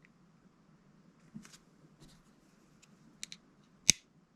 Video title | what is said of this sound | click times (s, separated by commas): Glock 42 Ghost Edge Connector Replacement | you should hear it click when it locks all the way into place into that slide stop slide release. So we'll see if we can hear it. | 3.9 s